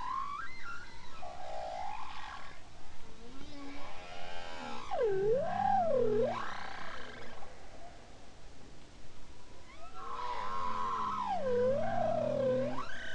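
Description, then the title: Bowhead whale song: sweeping, wavering tonal moans that dip and rise in U-shaped glides, with lower tones underneath and a similar phrase repeating later. Bowhead whale song off Spitsbergen. "Grønlandshvalens sang 2. Lyd: Stafford, Lydersen, Wiig, Kovacs"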